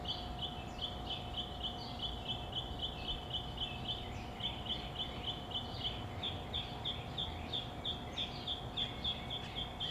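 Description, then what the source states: Birds singing: a rapid, even series of high chirped notes running almost without a break, other faint calls behind, and a constant low hum. Birds at summer dawn in Phoenix, Arizona, USA.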